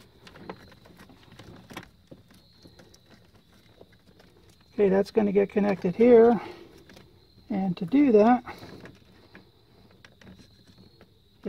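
On a Gen 2 2007 Toyota Tundra with no power to the heater blower fan (tied to mice), a plastic fuse block for the main fuse link is lined up and slid along the track of the engine bay fuse box housing before being set down. Someone talks in the middle while faint, light handling taps are heard before and after. Nothing has seated or clicked yet.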